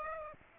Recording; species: mosquito wingbeat signal from an infrared sensor; Aedes aegypti